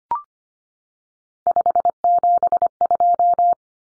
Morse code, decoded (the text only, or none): 572